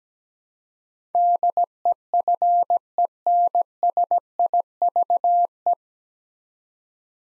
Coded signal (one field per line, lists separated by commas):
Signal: Morse code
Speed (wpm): 17 wpm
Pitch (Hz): 700 Hz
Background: none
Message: DEFENSIVE